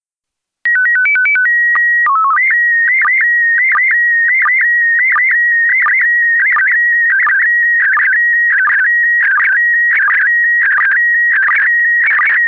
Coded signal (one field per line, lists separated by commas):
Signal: SSTV (slow-scan television)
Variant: PD 90